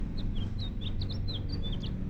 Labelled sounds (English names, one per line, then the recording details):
House Finch song
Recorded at Valley Stream on Long Island, New York, on 17 June 1975
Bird A